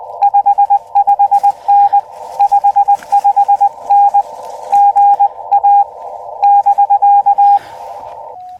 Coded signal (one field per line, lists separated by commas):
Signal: Morse code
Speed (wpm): 20 wpm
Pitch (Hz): 810 Hz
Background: none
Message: 55N 55N GA <BK>